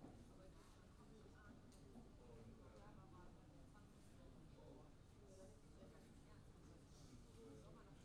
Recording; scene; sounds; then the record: everyday scene through a hearing-aid microphone; many people talking; many voices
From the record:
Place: university cafeteria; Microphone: in the ear canal, left